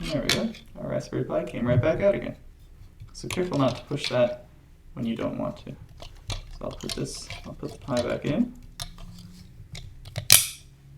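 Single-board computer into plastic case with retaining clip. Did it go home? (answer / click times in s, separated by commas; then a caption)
yes / 10.3 s. A Raspberry Pi single-board computer is pushed back down into its plastic case while someone talks, with a few small handling taps before the end. At 10.3 s the case's retaining clip clicks loudly, gripping underneath and seating the board.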